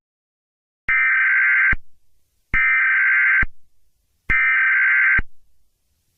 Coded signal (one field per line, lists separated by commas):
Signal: Emergency Alert System (SAME) tones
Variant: header bursts